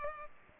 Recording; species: mosquito wingbeat signal from an infrared sensor; Culex pipiens